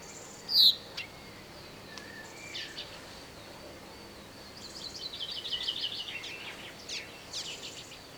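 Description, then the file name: Common chaffinch giving a single sharp, high call note early on, followed by faint scattered chirps and a soft chattering run in the background. "Fringilla coelebs"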